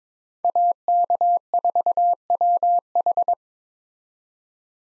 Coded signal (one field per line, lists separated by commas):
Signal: Morse code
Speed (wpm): 26 wpm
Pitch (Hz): 700 Hz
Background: none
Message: AK4WH